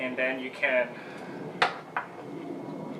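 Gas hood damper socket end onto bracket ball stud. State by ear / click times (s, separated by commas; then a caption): seated / 1.6 s, 2.0 s. On an NC MX-5 Miata, the socket end of a gas hood damper, with its spring clip removed, is pressed onto the mounting ball stud on the bracket while someone talks. Two sharp clicks sound at 1.6 s and 2.0 s as the damper end seats onto the ball stud.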